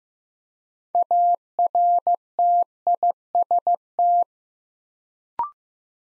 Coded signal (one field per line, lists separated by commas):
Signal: Morse code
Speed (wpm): 15 wpm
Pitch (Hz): 700 Hz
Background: none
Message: ARTIST